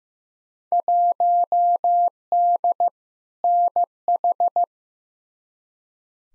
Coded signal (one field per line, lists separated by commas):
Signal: Morse code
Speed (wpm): 15 wpm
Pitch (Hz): 700 Hz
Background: none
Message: 1D NH